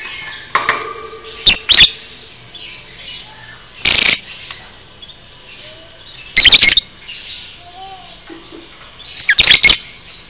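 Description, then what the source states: Lovebird calls as shrill, high squeaky bursts every two to three seconds, with softer twittering and short whistled notes between them. Masteran training for caged lovebirds.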